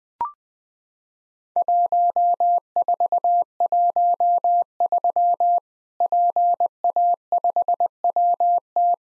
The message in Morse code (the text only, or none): 1413 PA5WT